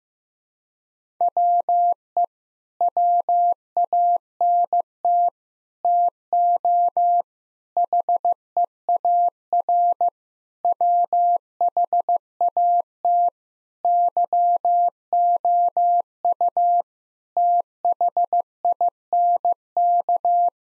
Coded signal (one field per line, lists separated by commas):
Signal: Morse code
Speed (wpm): 15 wpm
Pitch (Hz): 700 Hz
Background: none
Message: WE WANT TO HEAR WHAT YOU THINK